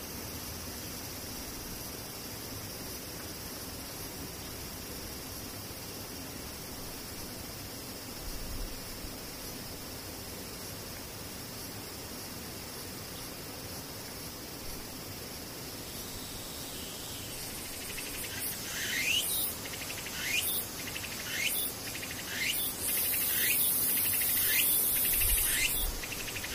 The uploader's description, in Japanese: セミ